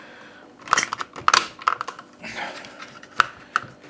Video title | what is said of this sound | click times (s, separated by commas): PerfectDraft Pro changing a keg for the 1st Time and review of Tiny Rebel Stay Puft Porter | that's it that's locked on absolutely solid | 1.3 s, 3.2 s